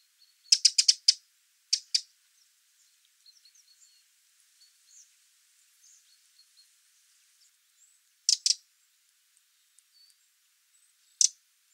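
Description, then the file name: Eurasian wren giving sharp, hard ticking calls, a quick burst of several at first, then single or paired ticks spaced by long silent gaps. "Troglodytes troglodytes"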